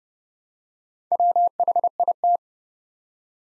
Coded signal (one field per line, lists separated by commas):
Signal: Morse code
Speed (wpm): 29 wpm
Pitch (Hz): 700 Hz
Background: none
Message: WHIT